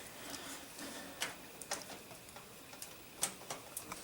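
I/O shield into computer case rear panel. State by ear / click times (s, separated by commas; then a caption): not seated / none. A metal I/O shield is held against the opening in a computer case's rear panel and lined up to check how its holes match, before it is pressed in. Only small, light ticking contacts of metal are heard, the sharpest at about 1.2, 1.6, 2.8, 3.2, 3.5 and 3.8 seconds, over a quiet background. Nothing has seated or clicked into place yet.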